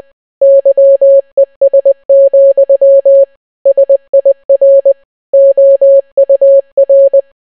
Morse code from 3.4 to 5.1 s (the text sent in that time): SIR